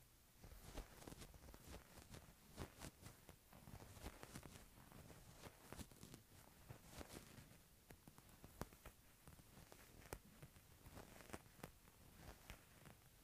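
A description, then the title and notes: A wool shirt rustles and crinkles without pause, a dense, scratchy texture of soft friction. Sharp little snaps and crackles cut through it every fraction of a second, unevenly spaced, with a low rumbling bed underneath and no quiet gaps. ASMR Wool Shirt.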